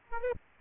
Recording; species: mosquito wingbeat signal from an infrared sensor; Aedes aegypti